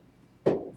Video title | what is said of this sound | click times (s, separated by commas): MPI TS200-SE Probe System -- Training Video -- EECS, York University | push it right in. And if there is a click sound, When it drops in, it kind of clicks, and | 0.5 s